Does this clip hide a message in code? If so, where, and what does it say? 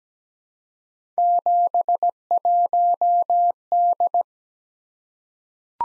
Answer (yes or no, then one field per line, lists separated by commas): yes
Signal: Morse code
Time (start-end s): 1.2-4.2 s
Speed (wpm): 17 wpm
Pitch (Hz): 700 Hz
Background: none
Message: 71D